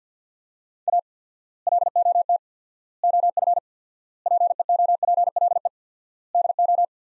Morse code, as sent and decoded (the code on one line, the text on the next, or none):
.- / .-.. --- - / --- ..-. / .--. . --- .--. .-.. . / -.. ---
A LOT OF PEOPLE DO